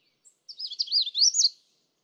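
Magnolia warbler song, a single phrase of high, rolling whistled notes, about a second long, growing louder toward the end.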